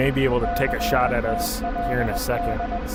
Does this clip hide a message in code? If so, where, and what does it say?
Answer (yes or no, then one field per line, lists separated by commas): yes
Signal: Morse code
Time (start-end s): 0.4-2.8 s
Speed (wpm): 20 wpm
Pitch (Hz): 700 Hz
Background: speech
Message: CTLD